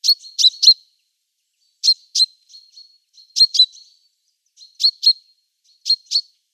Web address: Schulze Peter Great Tit calls